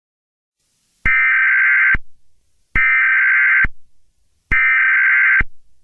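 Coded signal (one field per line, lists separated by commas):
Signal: Emergency Alert System (SAME) tones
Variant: header bursts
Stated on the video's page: Fictional EAS scenario using a text-to-speech app.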